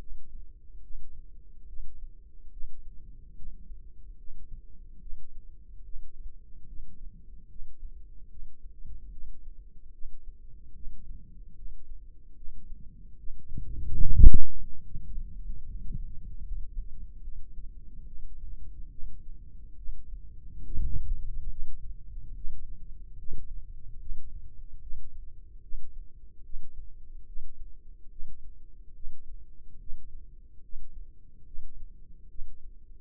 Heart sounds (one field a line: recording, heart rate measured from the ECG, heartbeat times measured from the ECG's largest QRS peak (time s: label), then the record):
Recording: heart sounds by microphone in the left ear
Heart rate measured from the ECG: 72 bpm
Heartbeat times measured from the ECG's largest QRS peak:
0.00 s: heartbeat
0.84 s: heartbeat
1.68 s: heartbeat
2.53 s: heartbeat
3.37 s: heartbeat
4.19 s: heartbeat
5.01 s: heartbeat
5.85 s: heartbeat
6.68 s: heartbeat
7.50 s: heartbeat
8.31 s: heartbeat
9.12 s: heartbeat
9.94 s: heartbeat
10.76 s: heartbeat
11.57 s: heartbeat
12.37 s: heartbeat
13.19 s: heartbeat
14.02 s: heartbeat
14.86 s: heartbeat
15.66 s: heartbeat
16.45 s: heartbeat
17.24 s: heartbeat
18.07 s: heartbeat
18.92 s: heartbeat
19.78 s: heartbeat
20.65 s: heartbeat
21.51 s: heartbeat
22.36 s: heartbeat
23.19 s: heartbeat
24.00 s: heartbeat
24.82 s: heartbeat
25.63 s: heartbeat
26.45 s: heartbeat
27.27 s: heartbeat
28.11 s: heartbeat
28.95 s: heartbeat
29.80 s: heartbeat
30.63 s: heartbeat
31.47 s: heartbeat
32.30 s: heartbeat
From the record:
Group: healthy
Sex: male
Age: 55 years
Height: 167 cm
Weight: 57.2 kg